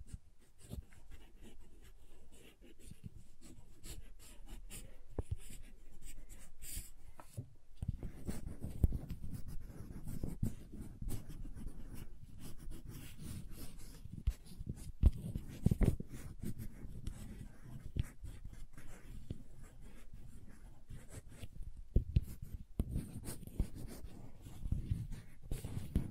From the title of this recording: Crayons Tapping, Carving, Cutting, Drawing Sounds